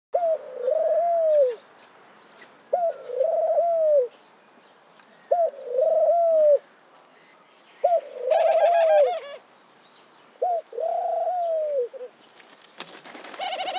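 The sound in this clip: Dove giving low mellow coos, each about one and a half seconds long, repeated steadily every two to three seconds, with a short burst of noise near the end.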